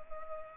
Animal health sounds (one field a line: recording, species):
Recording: mosquito wingbeat signal from an infrared sensor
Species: Culex pipiens